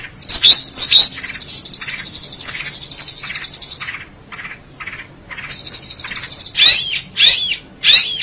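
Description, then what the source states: Long-tailed Shrike song: varied high notes with sharp twangy phrases, scattered chips and quieter gaps, ending in loud harsh bursts. Recorded March 2017.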